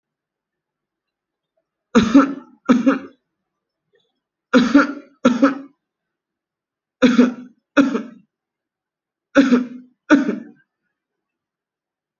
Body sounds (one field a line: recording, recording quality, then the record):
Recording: heavy voluntary cough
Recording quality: excellent, no background noise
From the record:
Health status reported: healthy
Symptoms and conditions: none ticked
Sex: male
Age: 30 years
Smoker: not ticked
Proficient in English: no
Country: India